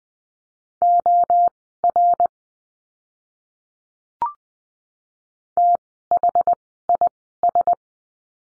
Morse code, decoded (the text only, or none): OR THIS